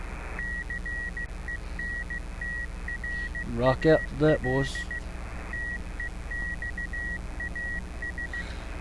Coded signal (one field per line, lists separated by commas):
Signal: Morse code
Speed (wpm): 16 wpm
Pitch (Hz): 1900 Hz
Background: speech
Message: CENTRAL TEXAS